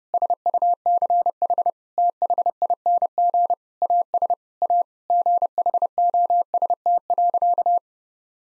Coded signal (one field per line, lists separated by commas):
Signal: Morse code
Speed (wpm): 29 wpm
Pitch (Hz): 700 Hz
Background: none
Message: SUCH THING AS A GHOST.